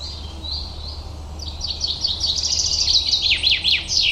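Birds calling in a fast twittering run of sharp chirps and steep downward-sweeping notes that grows busier after the first second, over a steady low rumble.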